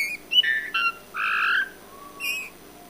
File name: Pyrrhula pyrrhula